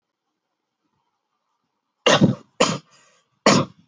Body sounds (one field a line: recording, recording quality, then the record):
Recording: heavy voluntary cough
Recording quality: excellent, no background noise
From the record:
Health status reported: healthy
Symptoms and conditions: none ticked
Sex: male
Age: 18 years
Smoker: not ticked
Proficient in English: yes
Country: India